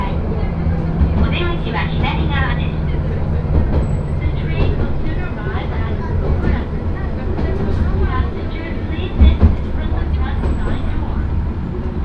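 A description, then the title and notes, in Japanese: A crowded single-car railbus rolls along while many passengers chatter, including children's voices. A steady low rumble from the moving car runs under the lively overlapping talk throughout, with a brief louder knock near nine seconds and a few faint high squeaks. 明知鉄道 明智→恵那。１両のレールバスは子供連れや高校生もいるなど一杯で予想外のにぎわいでした。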